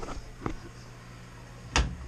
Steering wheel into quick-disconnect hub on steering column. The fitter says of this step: one is super easy it locks into place